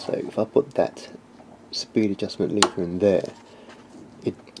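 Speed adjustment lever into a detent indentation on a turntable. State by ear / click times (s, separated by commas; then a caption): seated / 4.5 s, 4.6 s. Someone talks while moving the speed adjustment lever of a Goldring Lenco GL-75 turntable into one of its detent indentations. Short clicks are heard at 4.5 s and 4.6 s as the lever settles into the notch. It is locked in place and can no longer move left or right.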